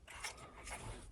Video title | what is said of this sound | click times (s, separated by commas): Ford Explorer 5th Gen PIU Police Interceptor Utility Radio Install Teyes CC3 QLed 10.2in BAD Replace | is one of those you know clip in and twist once you clip it Force the twist in 45 degrees until it clicks up top | 0.2 s